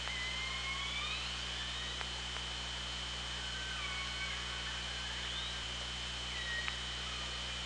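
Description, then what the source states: Killer whale calls: several overlapping whistle-like tones that sweep up and bend down, with a few sharp clicks over a steady hiss and low mechanical hum. OrcaLab hydrophone, underwater, 24 August 2017, about 18:25.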